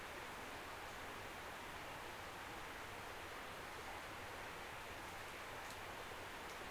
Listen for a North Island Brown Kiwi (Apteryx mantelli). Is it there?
no